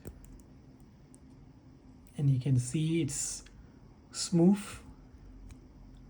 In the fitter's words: you can't lock it this way for safeguarding it clicks back in like this